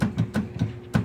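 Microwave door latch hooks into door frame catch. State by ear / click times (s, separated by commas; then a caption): not seated / none. The plastic door of a Whirlpool WMC20005YD microwave is pushed shut, and its broken latch, which should hook into the catch on the door frame, fails to catch. The door bumps and rattles five times, at about 0.0, 0.2, 0.4, 0.6 and 1.0 seconds. Nothing has latched or clicked yet.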